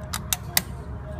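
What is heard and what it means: A fuel filler cap is screwed onto a car's filler neck after refueling and turned until it is tight. Its ratchet gives three sharp clicks at 0.1, 0.3 and 0.6 seconds over a low background rumble, confirming the cap is fully tightened.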